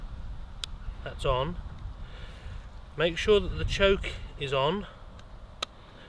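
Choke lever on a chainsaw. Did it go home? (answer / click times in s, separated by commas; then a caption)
yes / 5.6 s. On a Mountfield chainsaw, someone talks while the choke lever is pulled out until it clicks at 5.6 s, setting the choke on before starting. Sharp clicks are also heard around 0.6 s and 5.2 s over a low background hum.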